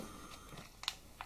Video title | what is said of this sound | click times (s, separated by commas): Eachine E56 review - 720p WiFi FPV Selfie folding drone (Part I) | battery locks into place there I think | 0.9 s